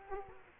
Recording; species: mosquito wingbeat signal from an infrared sensor; Culex quinquefasciatus